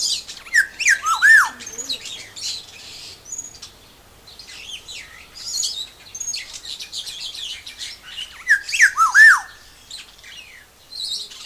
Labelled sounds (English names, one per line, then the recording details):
Black-naped Oriole
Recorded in captivity
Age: adult
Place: Zoo Berlin, Berlin, DE
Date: 2001-08-14 12:39
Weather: fair, 24 - 26°C
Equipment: Marantz CP 130, Sennheiser MKH 416, Kopie Uher 4000 Report Monitor
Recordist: Tembrock, Günter